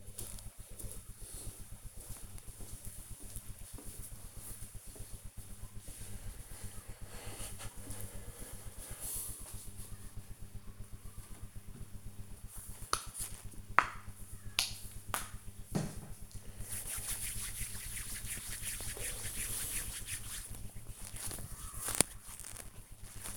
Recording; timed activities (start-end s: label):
household activities, microphone on the right wrist
10.78-23.37 s: cream hands